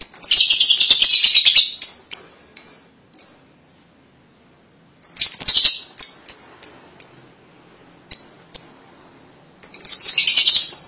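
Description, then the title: Lovebird chatter: a loud harsh burst, a run of short shrill chirps, a pause, then more chirps and a closing raspy burst. "BM Suara Burung Lovebird"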